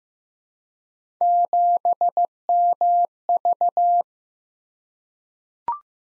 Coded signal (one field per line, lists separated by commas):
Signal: Morse code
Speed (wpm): 15 wpm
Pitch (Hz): 700 Hz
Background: none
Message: 7MV